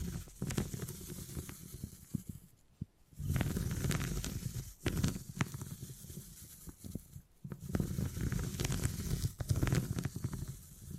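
Beeswax being handled and pressed, with soft crackling taps and rubbing in bursts, broken by brief near-silent pauses around three and seven seconds.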